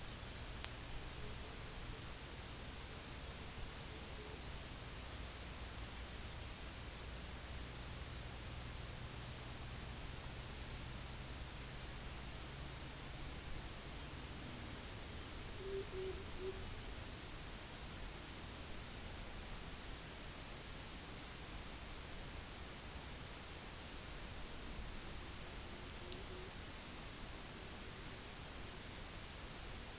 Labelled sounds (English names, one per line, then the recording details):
unidentified sound
Pectoral Sandpiper
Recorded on Arctic tundra, site UTQI-0, on 17 June 2019
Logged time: 18:00